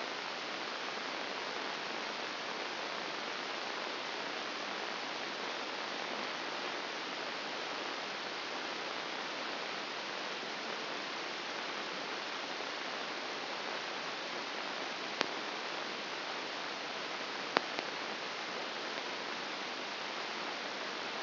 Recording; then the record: brain microelectrode recording played as sound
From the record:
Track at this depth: inside the subthalamic nucleus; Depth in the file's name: 2.504 mm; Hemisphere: left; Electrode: 2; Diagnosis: Parkinson's disease